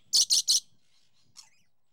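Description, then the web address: Dusky lory calls: three loud, harsh rasping shrieks in rapid succession, followed by a faint, softer note. "BBC Sound Effects Library. Dusky Lory"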